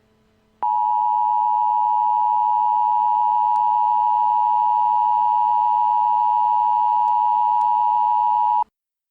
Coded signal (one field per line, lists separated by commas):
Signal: Emergency Alert System (SAME) tones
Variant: 853 and 960 Hz attention tone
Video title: EAS Scenario Preview: Zombie Hell